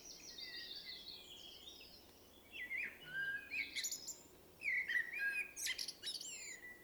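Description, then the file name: Common blackbird song: two mellow, fluting warbled phrases, each ending in shrill squeaky twitters, after a faint high opening. "Turdus merula"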